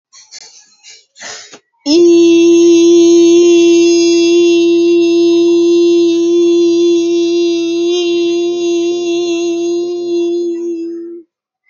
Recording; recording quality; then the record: sustained vowel as in beet; excellent, no background noise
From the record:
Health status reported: healthy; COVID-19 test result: negative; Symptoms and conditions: cough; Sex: female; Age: 29 years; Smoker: not ticked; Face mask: not worn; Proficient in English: yes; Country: India